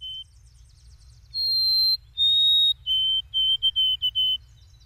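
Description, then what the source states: White-throated sparrow song: pure whistled notes, a short one, two long held higher ones, then a run of shorter lower repeated notes, over faint low water noise. Heard calling in the background at a park pond with fountains, in a naturalized area where trees are being planted; the call sounds like 'oh, sweet Canada, Canada, Canada'.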